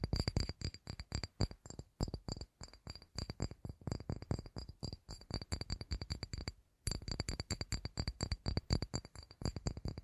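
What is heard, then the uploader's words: Fast tapping, a dense run of sharp, crisp taps several per second that keep going with little let-up. The strikes vary slightly in loudness, with a bright ticking edge on each. A brief pause near the seven-second mark interrupts the stream before it resumes. ASMR 1 Hour Fast Tapping for Sleep (No Talking).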